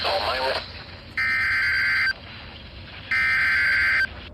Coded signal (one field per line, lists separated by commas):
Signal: Emergency Alert System (SAME) tones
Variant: header bursts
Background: speech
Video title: KEC63 Detroit Broadcast Cycle w/ an EAS Alert (READ DESCRIPTION)